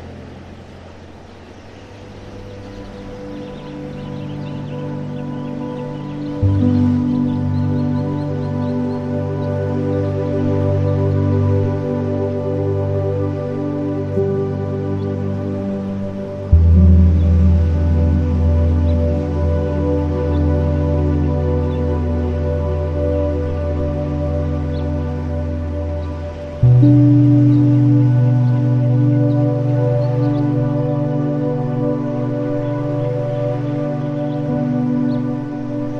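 Slow ambient music built from long, sustained low tones that swell gradually from a quiet start. The chord shifts abruptly about every ten seconds, near 6, 16 and 26 seconds, with a brighter note briefly rising above the steady drone.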